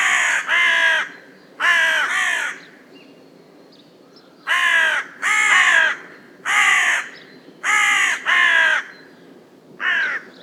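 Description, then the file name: Carrion crow calling in harsh caws, some in close pairs, repeated several times with pauses between them. "Corvus corone"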